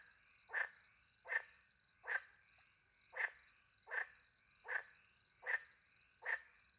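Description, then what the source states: Short, rough frog croaks come at a steady pace, roughly every three-quarters of a second, against an unbroken background of high cricket song. Night, countryside in France, beside a little pond, with crickets; microphones hidden in a tree, two Usi pro microphones into a Mixpre 10 II recorder.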